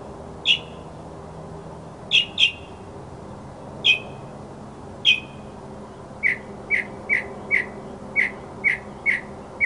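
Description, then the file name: Mockingbird song of sharp, high chirps, spaced at first, then a quicker run of evenly repeated short notes. Mockingbird song presented as masteran, a tutor recording for training songbirds. "suara masteran mockingbird"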